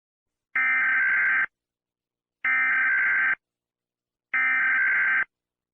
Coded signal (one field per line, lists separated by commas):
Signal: Emergency Alert System (SAME) tones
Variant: header bursts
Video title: EAS Scenario “MAX_AND_RUBY_0004” (USA & Canada)